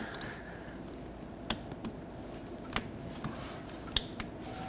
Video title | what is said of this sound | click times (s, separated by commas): How to Replace Downstream Oxygen Sensors 2011-2016 Ford F-350 (6.2L V8) | There we go. That clicked in. | 4.0 s